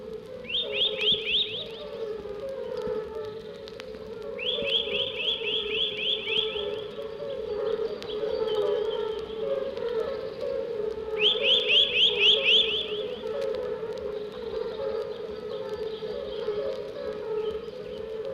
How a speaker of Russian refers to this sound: Кью-кью-кью. Твист-твист-твист. Кто это кричит так задорно? То лесной акробат Поползень приглашает своих пернатых друзей на цирковое представление.